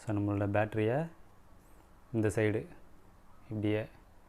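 A battery is being pushed into the side battery compartment of a DJI Osmo Action 4 action camera while someone talks. Nothing has seated or clicked yet; the clip ends just before the battery goes home and locks in.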